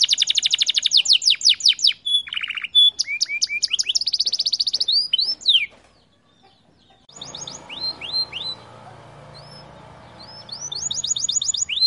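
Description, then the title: Canary song: rapid downslurred notes and trills high in pitch, a pause near six seconds, then low background noise and renewed fast high phrases. Warm-up song; long rolling song used as a master recording to train young canaries to sing. "Canto Para Esquentar Canário Belga. Kenari AF gacor panjang untuk masteran, Kenari muda cepat gacor ngerol panjang"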